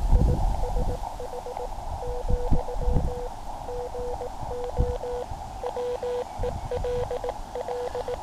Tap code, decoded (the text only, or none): none